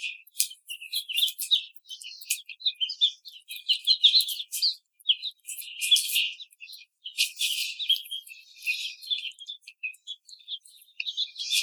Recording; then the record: young laying hens in a cage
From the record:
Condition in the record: treatment cage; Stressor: simulated dog barking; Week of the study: 5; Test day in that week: 1